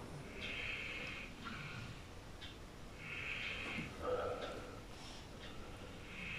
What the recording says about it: If you can hear snoring it's my dogs.